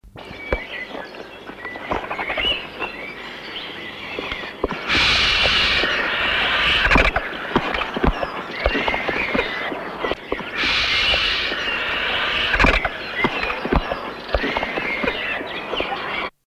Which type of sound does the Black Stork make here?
call